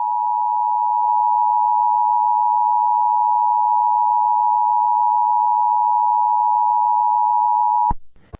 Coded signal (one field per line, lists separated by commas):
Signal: Emergency Alert System (SAME) tones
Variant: 853 and 960 Hz attention tone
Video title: Rating eas alarms part 3